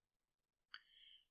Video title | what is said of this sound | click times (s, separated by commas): Husqvarna 550XP mark II Short Block Replacement | The wiring track that just pops down into the groove, snaps into place. | 0.7 s